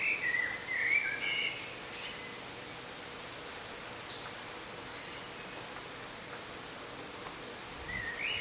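Bird song: rich warbling at the start, then rapid high buzzy trills in the middle, and another warbled phrase rising at the end, over a constant low hiss.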